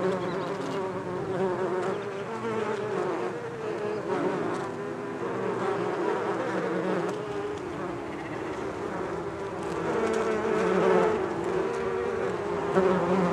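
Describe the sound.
Bees in a dense, unbroken buzzing hum, a little louder in the later part.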